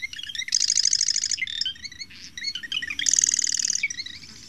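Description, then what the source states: Marsh Wren song: high, mechanical chattering trills between scattered thin whistles and chips, two dense rattling bursts standing out over a low background hum. Repertoire of 57 song variations, with an often repeated chugging phrase likened to a sewing machine or toy machine gun; a male may sing straight through the night.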